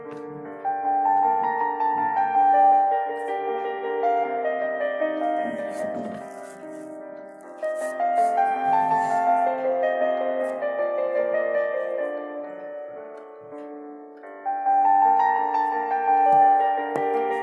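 Slow, dark academia style music plays throughout, with sustained mid-range melodic lines layered over a steady lower tone. The phrases swell and fade in a repeating cycle of about seven seconds, dipping quieter near 7 and 14 seconds before rising again.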